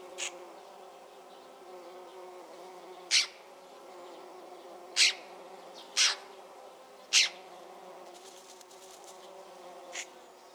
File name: Pica pica